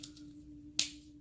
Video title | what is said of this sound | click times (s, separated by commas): Transformers Review: WFC Siege Skytread | and lock into that center piece, like so. | 0.8 s